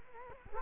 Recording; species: mosquito wingbeat signal from an infrared sensor; Culex quinquefasciatus